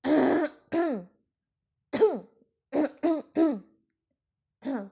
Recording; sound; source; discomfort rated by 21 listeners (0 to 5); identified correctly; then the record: sound for misophonia research; clearing throat; oral or nasal; mean 1.74, standard deviation 1.33; in 42 of 42 trials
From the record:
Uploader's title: Female Young Adult Clearing Throat and Cough Heavy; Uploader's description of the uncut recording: Female Young Adult Clearing Throat and Cough Heavy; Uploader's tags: ahem, cough, clearing, throat